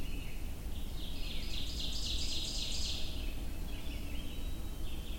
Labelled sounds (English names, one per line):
Ovenbird song